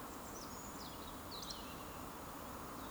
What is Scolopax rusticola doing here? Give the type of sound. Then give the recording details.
whistle. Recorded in Baden-Württemberg, Germany, on 30 June 2020 at 19:29 UTC. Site 46046, 702 m above sea level